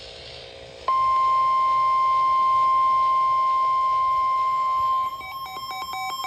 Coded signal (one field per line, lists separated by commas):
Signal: Emergency Alert System (SAME) tones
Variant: 1050 Hz attention tone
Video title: Christmas In July Storms: EAS Alerts From 7/25/25 (EAS #5577-5644)